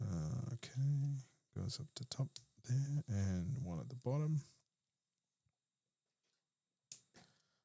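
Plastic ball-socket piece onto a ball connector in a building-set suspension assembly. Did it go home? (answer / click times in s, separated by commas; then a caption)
yes / 6.9 s. Someone talks for about the first four and a half seconds while building a Lego Technic Ferrari SF-24 42207, pressing a plastic Technic piece with a ball socket on its edge onto a ball connector in the suspension assembly, first at the top and then at the bottom. After a quiet stretch, a sharp, firm little click at 6.9 s marks the ball joint snapping into its socket and seating, followed by a fainter sound at 7.2 s.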